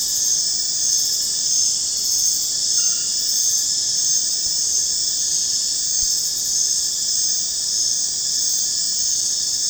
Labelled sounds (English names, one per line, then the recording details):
none
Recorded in secondary vegetation near Puerto Asís, Putumayo, Colombia, on 25 June 2025 at 22:30
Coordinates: 0.484, -76.319
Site G074